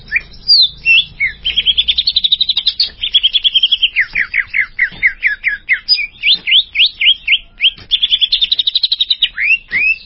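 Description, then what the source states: Greater green leafbird song of sweeping whistles and quick rhythmic trills, with a run of steeply falling notes given in fast succession. Champion songbird, known locally as cucak ijo.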